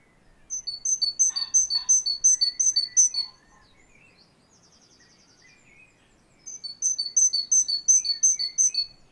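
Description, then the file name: Great tit's see-saw song, a high note dropping to a lower one, repeated several times, a short faint trill from another bird, then another run of phrases. "Parus major"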